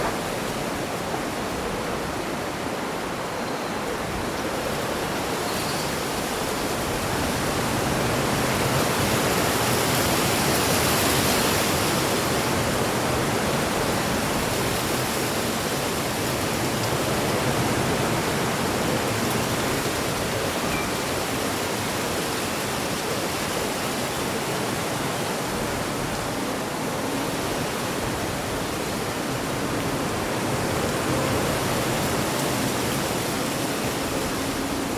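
Summer wind sweeps through leaves in a dense, continuous rustle that hisses brightly at the top. The gusting swells between roughly eight and thirteen seconds, then settles back, with softer rises near seventeen and twenty-eight seconds, never dropping away entirely.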